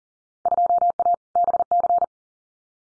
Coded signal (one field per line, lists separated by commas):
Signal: Morse code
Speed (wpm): 41 wpm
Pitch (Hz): 700 Hz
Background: none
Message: 2A BC